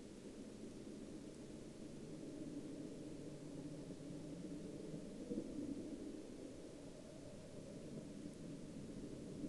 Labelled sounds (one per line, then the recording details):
man-made sound
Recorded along the Dempster Highway, Canada, on 6 October 2019 at 01:21
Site 11